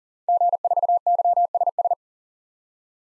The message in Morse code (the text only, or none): G4YSS